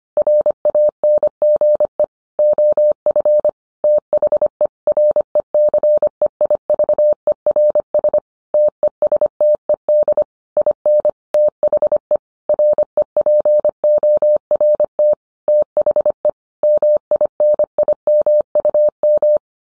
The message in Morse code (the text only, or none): RANGE OF THE RECEIVERS TESTED IN THE REPORT THE MINIMUM